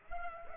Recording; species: mosquito wingbeat signal from an infrared sensor; Culex pipiens